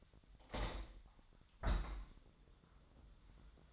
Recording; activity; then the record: daily activity, microphone in the room; open window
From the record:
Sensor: 3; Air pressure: 1004.6 hPa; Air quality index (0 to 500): 78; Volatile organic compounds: 2 ppm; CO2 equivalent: 1172 ppm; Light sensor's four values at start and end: 7/16/6/6 and 7/16/6/6